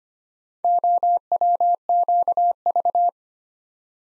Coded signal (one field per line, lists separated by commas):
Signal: Morse code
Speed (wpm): 25 wpm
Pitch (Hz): 700 Hz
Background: none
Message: OWQV